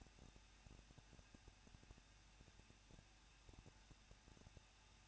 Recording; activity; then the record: daily activity, microphone in the room; no activity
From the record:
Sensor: 2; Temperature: 21.0 degrees Celsius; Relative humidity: 37.4%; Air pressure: 1006.2 hPa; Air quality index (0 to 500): 221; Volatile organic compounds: 24 ppm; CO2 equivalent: 2797 ppm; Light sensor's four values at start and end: 2/3/2/2 and 2/3/2/2